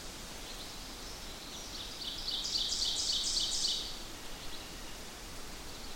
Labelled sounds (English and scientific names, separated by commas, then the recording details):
Ovenbird (Seiurus aurocapilla) song
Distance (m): 30 m
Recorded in boreal forest in Alberta, Canada, on 8 June 2016 at 06:34
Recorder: SongMeter 3, array SBT-3-9
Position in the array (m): 47 m, 103 m
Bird 33